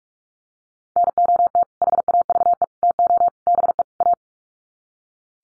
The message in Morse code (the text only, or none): NOT HAVE TO BE A